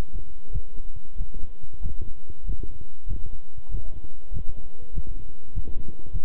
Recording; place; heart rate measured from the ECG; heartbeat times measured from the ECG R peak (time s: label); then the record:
heart sounds by stethoscope; between the tricuspid and mitral areas; 96 bpm
0.50 s: heartbeat
1.16 s: heartbeat
1.80 s: heartbeat
2.44 s: heartbeat
3.06 s: heartbeat
3.69 s: heartbeat
4.31 s: heartbeat
4.92 s: heartbeat
5.52 s: heartbeat
6.10 s: heartbeat
From the record:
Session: walking at 3.7 km/h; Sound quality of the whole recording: good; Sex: male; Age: 26 years